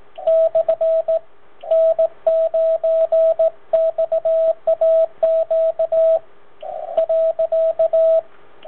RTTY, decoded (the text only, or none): none